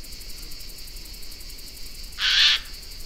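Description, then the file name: Eurasian jay giving a single short, harsh rasping screech near the end, over a steady high-pitched hiss and faint background noise. "Garrulus glandarius"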